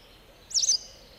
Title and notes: Västäräkki. Juha Laaksonen